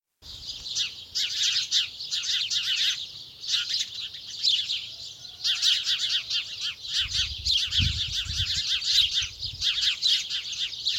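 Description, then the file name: House sparrows chirping, a dense chattering flock of overlapping high chirps that pauses briefly around three and five and a half seconds, with a low rumble near the eighth second. "Passer domesticus"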